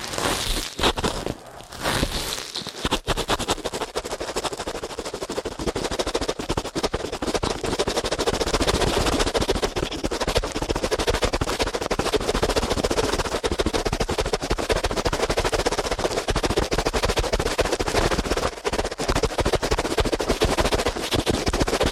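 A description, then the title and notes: Very fast ear cleaning, a rapid, dense scratching and crackling that rattles along almost without pause. The first three seconds stutter with brief gaps; after that the rough, bright rustle runs steadily at a fairly even loudness through the end. ASMR Ear Cleaning at Helicopter Speed.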